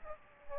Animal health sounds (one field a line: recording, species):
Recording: mosquito wingbeat signal from an infrared sensor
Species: Aedes aegypti